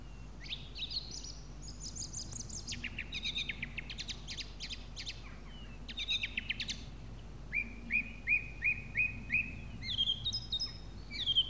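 Song thrush song: high buzzy trills and rattling phrases, then a clear whistled note repeated about six times in a steady row.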